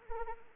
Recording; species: mosquito wingbeat signal from an infrared sensor; Anopheles arabiensis